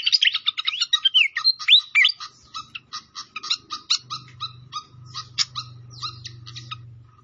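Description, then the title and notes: Pied fantail song: a jumbled twittering burst of slurred high notes, then a string of sharp clicking chips, with a low hum in the second half. Masteran training recording of clear-voiced singing, mixed with the sound of flowing water. "Masteran Sikatan Kipas Suara Jernih Dan Suara Gemericik Air. Suara Burung Sikatan Londo"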